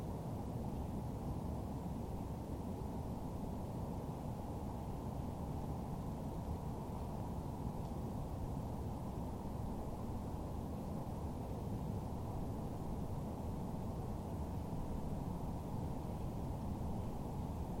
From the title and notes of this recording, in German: Flugzeuge im Wald im Winter.